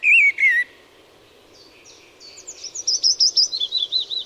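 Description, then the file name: Eurasian blackbird song: two clear fluted whistles, a short pause, then a quick series of high, wavering repeated notes. "Turdus merula"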